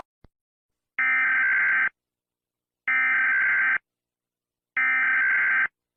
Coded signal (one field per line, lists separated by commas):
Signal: Emergency Alert System (SAME) tones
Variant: header bursts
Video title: Alien Sightings An Eas Scenario